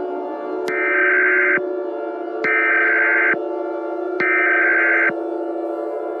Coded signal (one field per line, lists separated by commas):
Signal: Emergency Alert System (SAME) tones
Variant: header bursts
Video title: EAS Scenario #18: Corrosiva: The Blue-Green Goo